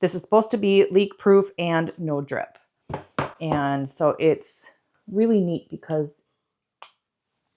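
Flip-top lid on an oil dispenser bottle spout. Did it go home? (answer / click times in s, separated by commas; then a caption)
yes / 6.8 s. Someone talks while handling a Miao'er olive oil dispenser bottle top, then closes its plastic flip-top spout lid. A sharp, brief click is heard at 6.8 s as the lid snaps shut and seats closed.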